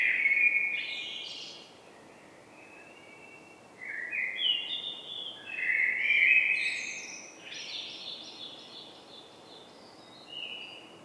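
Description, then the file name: Common blackbird singing several mellow warbled phrases in quick succession, some ending in thinner, higher notes. "Turdus merula"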